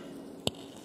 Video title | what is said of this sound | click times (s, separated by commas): Death Reviews: Prime Masters - Wave 1 | is easiest to attach the weapon accessory in this manner by lying it flat against the back and pushing it until it clicks in place | 0.5 s